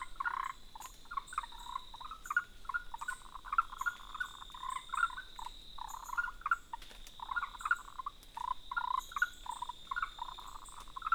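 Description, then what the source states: Frogs calling in a busy chorus, short croaking notes overlapping and repeating rapidly, with a steady high insect drone throughout and occasional higher chirps. Recorded on 3 June 2018.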